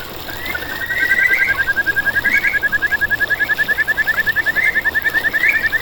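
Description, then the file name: Kajika frog trill, starting softer and building into a loud, evenly pulsed rapid trill that carries to the end. "buergeri"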